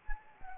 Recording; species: mosquito wingbeat signal from an infrared sensor; Anopheles gambiae